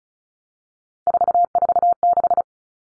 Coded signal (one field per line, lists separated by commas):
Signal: Morse code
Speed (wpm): 34 wpm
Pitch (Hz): 700 Hz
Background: none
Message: 446